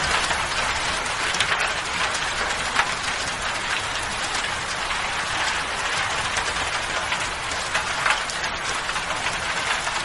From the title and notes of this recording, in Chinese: 自然下雨声：令人放松的雨声。